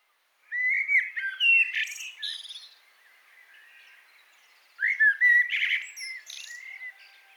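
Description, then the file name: Common blackbird song: two separate phrases of low fluting whistles, each closing with a shrill twittering flourish. "Turdus merula"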